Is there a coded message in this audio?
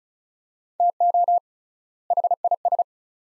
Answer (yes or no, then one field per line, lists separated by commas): yes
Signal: Morse code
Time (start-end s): 0.8-2.8 s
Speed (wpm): 36 wpm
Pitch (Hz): 700 Hz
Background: none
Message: TO HIS